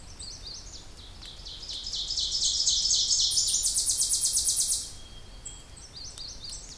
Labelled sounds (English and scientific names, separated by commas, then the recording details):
Ovenbird (Seiurus aurocapilla) song
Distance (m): 15 m
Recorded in boreal forest in Alberta, Canada, on 26 May 2016 at 07:50
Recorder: SongMeter 3, array SBT-3-15
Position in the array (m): 56 m, 220 m
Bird 20